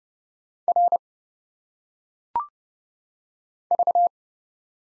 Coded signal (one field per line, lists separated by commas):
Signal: Morse code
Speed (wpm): 31 wpm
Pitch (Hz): 700 Hz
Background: none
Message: R V